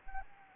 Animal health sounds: mosquito wingbeat signal from an infrared sensor; Anopheles arabiensis

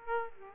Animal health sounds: mosquito wingbeat signal from an infrared sensor; Aedes aegypti

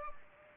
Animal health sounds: mosquito wingbeat signal from an infrared sensor; Culex pipiens

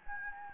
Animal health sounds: mosquito wingbeat signal from an infrared sensor; Anopheles gambiae

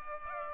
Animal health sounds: mosquito wingbeat signal from an infrared sensor; Culex pipiens

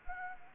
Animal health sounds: mosquito wingbeat signal from an infrared sensor; Anopheles gambiae

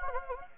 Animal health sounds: mosquito wingbeat signal from an infrared sensor; Anopheles gambiae

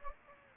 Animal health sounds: mosquito wingbeat signal from an infrared sensor; Anopheles gambiae

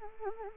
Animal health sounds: mosquito wingbeat signal from an infrared sensor; Anopheles arabiensis

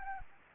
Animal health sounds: mosquito wingbeat signal from an infrared sensor; Anopheles gambiae

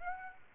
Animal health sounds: mosquito wingbeat signal from an infrared sensor; Aedes aegypti

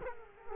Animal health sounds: mosquito wingbeat signal from an infrared sensor; Culex quinquefasciatus

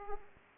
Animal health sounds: mosquito wingbeat signal from an infrared sensor; Aedes aegypti

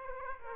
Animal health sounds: mosquito wingbeat signal from an infrared sensor; Aedes aegypti

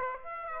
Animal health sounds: mosquito wingbeat signal from an infrared sensor; Aedes aegypti

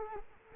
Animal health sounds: mosquito wingbeat signal from an infrared sensor; Culex quinquefasciatus

